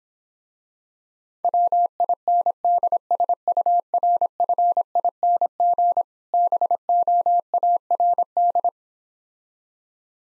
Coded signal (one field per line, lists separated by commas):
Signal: Morse code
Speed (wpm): 26 wpm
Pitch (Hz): 700 Hz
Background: none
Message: WINDSURFING BOARD